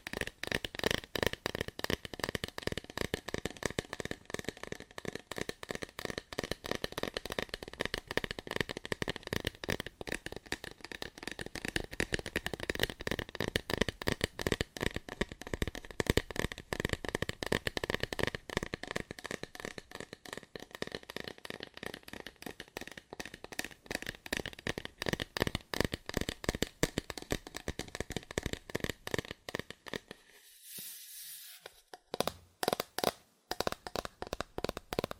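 Fast, aggressive tapping on cardboard runs almost nonstop, a dense rapid stream of sharp, dry knocks with a papery crackle. Around the thirty-second mark the tapping briefly stops, leaving a soft hiss, then quickly resumes at the same hurried pace.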